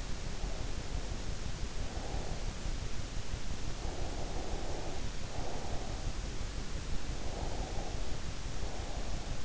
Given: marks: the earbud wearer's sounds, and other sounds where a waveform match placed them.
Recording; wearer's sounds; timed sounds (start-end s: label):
sounds in sleep by an in-ear microphone; breath
0.12-2.64 s: breath
3.67-6.03 s: breath
7.23-9.45 s: breath